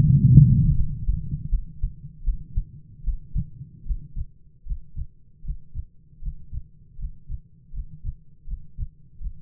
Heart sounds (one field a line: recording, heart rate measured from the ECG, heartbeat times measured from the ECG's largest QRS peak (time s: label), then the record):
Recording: heart sounds by stethoscope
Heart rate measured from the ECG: 78 bpm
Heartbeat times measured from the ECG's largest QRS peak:
0.00 s: heartbeat
0.74 s: heartbeat
1.49 s: heartbeat
2.23 s: heartbeat
3.03 s: heartbeat
3.84 s: heartbeat
4.65 s: heartbeat
5.43 s: heartbeat
6.20 s: heartbeat
6.97 s: heartbeat
7.71 s: heartbeat
8.45 s: heartbeat
9.19 s: heartbeat
From the record:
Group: healthy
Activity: breath hold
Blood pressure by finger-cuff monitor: 111/60 mmHg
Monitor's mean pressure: 70 mmHg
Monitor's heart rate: 77 bpm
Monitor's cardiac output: 8.1 L/min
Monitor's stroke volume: 109 mL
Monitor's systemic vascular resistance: 590 dyn s/cm5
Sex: male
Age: 22 years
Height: 185 cm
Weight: 112.4 kg